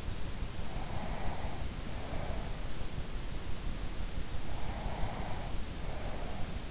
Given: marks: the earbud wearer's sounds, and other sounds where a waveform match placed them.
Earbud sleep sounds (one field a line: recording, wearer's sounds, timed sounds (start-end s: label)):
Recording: sounds in sleep by an in-ear microphone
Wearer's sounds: breath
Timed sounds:
0.64-2.74 s: breath
4.55-6.71 s: breath